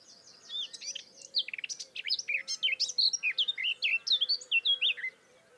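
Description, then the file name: Eurasian blackcap giving a rapid warble of sweet, jumbled notes lasting several seconds, with a steady faint hum underneath. "Sylvia atricapilla"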